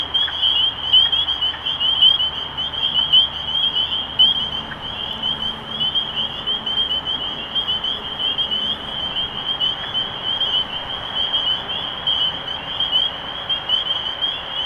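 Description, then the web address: Massed spring peepers give continuous high, sharply rising peeps in a shrill chorus. Recorded 23 March 2012. "rob animals Peepers-2012-0323"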